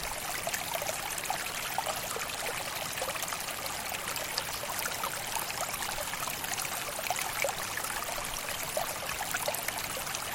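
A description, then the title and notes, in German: Flowing water runs steadily throughout, a dense, bright rush of splashing and trickling with no pauses. Tiny droplet splashes and gurgles flicker constantly on top, while the low end stays thin. The sound is unchanging in level for the whole ten seconds. Ein Reich aus Felsen und Wasser – Nordirland. Möchtest du noch ein wenig länger in den Mourne Mountains Nordirlands verweilen, umgeben von den vielfältigen Geräuschen fließenden Wassers? Nur Geräusche, ohne Erzählung, ohne Musik. Aufnahmen und Postproduktion: Erik Lorenz.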